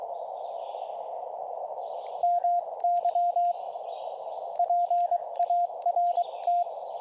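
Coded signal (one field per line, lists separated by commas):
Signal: Morse code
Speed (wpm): 21 wpm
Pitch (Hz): 690 Hz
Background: radio noise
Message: MY PART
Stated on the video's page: CW POTA activation on 40m using a borrowed TR-35 radio keyed with Palm Pico iambic paddles; bands better than previous attempt.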